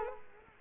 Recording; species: mosquito wingbeat signal from an infrared sensor; Culex quinquefasciatus